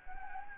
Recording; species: mosquito wingbeat signal from an infrared sensor; Anopheles gambiae